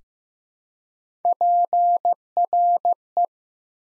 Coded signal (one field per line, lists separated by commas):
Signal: Morse code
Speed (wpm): 15 wpm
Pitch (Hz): 700 Hz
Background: none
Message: PRE